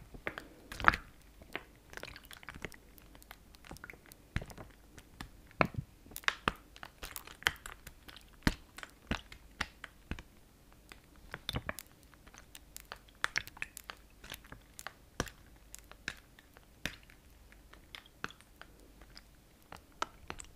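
Water sounds made as triggers, with a dense, irregular stream of sharp clicks, taps and wet crackles throughout.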